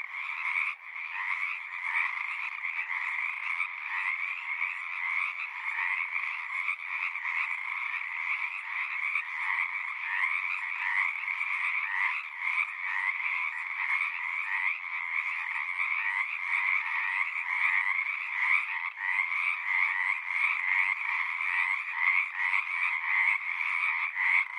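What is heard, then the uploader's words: Pacific chorus frogs call in a dense, continuous chorus, many voices overlapping into a steady, bright trilling wall of sound. The calls pulse rapidly and evenly throughout with no pauses and no other sounds, nothing low or deep underneath. The Pacific Tree Frog or Pacific Chorus Frog (Pseudacris regalia). It is tiny but loud, and lives in large raucous communities. One local community here in Seattle is located in the Frog Ponds of Magnusson Park. Go there any spring or summer day near dusk or pre-dawn and you'll hear them singing their little hearts out.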